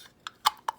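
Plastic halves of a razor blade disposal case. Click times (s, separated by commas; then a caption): 0.3 s, 0.5 s, 0.7 s. The two plastic halves of a Feather used-blade disposal case are pushed back together until the four plastic tabs snap into place. Three sharp plastic clicks are heard at about 0.3, 0.5 and 0.7 seconds. The case is then locked and will not open.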